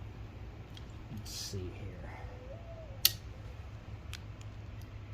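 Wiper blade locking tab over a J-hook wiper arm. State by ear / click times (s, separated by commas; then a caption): seated / 3.1 s. A plastic locking tab on a new Rain-X Latitude wiper blade adapter is pressed down over a metal J-hook wiper arm. Someone talks briefly, then a sharp snap at 3.0 s marks the tab seating shut, followed by a few faint clicks.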